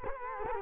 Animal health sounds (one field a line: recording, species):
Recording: mosquito wingbeat signal from an infrared sensor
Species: Culex quinquefasciatus